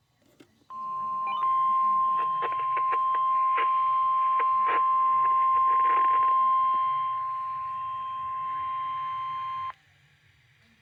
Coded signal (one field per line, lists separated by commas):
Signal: Emergency Alert System (SAME) tones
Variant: 1050 Hz attention tone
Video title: Severe weather awareness day test on KEC-60 (EAS #111)